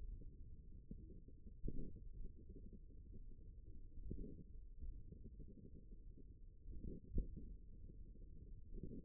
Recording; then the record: forearm muscle sounds (acoustic myography)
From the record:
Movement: tripod grip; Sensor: system 1, eight BSWA MPA416 microphones around the upper forearm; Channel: 7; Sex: male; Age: 54 years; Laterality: right